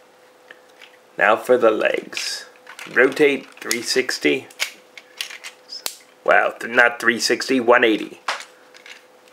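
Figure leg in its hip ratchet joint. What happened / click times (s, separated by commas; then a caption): The joint was turned through its ratchet but nothing seated yet / none. A plastic Transformers Combiner Wars Motormaster action-figure leg is rotated in its hip ratchet joint while someone talks. Short, sharp ratcheting clicks sound between the speech as the joint moves through its detent positions. The part has been handled but has not seated yet.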